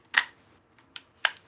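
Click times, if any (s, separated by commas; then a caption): 0.2 s, 1.2 s. A SUB-2000 folding carbine fitted with a new optic mount is folded, the optic flipping to the side, and locked into its folded position. Two sharp, bright metallic clicks ring out at 0.2 s and 1.3 s, with fainter ticks at about 0.8 s and 1.0 s between them. The carbine locks in place.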